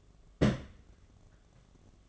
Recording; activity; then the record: daily activity, microphone in the room; place on stove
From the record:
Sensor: 4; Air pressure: 1011.2 hPa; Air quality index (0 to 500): 141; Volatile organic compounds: 3 ppm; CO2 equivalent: 1444 ppm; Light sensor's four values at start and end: 221/577/244/255 and 224/585/247/259